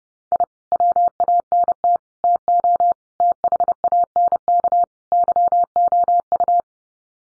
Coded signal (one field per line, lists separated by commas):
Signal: Morse code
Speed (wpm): 30 wpm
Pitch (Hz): 700 Hz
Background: none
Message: I WANT TO THANK YOU